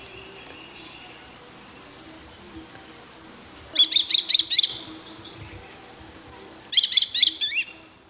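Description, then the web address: Swallow-tailed kite calls: two bursts of about five thin, high, quick notes, about three seconds apart, over a steady high hiss. Ecuador. "Natures Songs S America Birds of Ecuador. Swallow-tailed kite"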